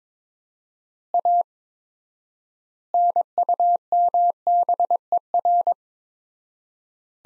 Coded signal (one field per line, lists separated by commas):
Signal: Morse code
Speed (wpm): 22 wpm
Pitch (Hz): 700 Hz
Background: none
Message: A NUMBER